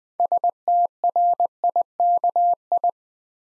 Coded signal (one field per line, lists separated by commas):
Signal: Morse code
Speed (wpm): 20 wpm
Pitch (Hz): 700 Hz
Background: none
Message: STRIKI